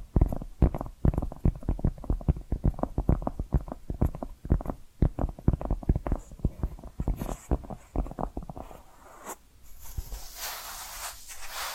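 Quick, regular tapping fills most of the clip, a steady run of short, sharp knocks a few times per second with a dull, hollow body. Near the end the taps stop and give way to a brighter, rough scratching hiss that continues to the close.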